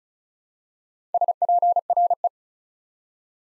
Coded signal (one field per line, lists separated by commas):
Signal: Morse code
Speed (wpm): 36 wpm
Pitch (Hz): 700 Hz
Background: none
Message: SPRE